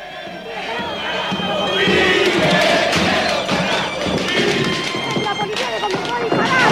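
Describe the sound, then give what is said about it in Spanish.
A large, agitated riot crowd shouts and yells continuously, loud and chaotic, with sharp sudden cracks of rubber bullet shots bursting out now and then amid gas and flying stones. “Gases, disparos de balas de goma, piedras que vuelan. Esta situación se ha descontrolado.”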